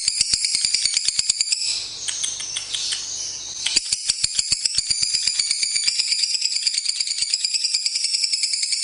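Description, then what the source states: Lovebird song as a rapid, shrill rattling chatter. A harsher, noisier stretch about two seconds long interrupts it before the fast pulsed trill resumes. Lovebird ngekek song, long chattering style, used as a bait song (kicau pancingan) to prompt other lovebirds to sing.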